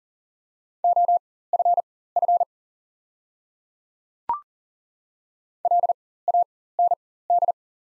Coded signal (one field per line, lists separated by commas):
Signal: Morse code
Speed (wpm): 40 wpm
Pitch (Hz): 700 Hz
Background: none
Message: OFF LAND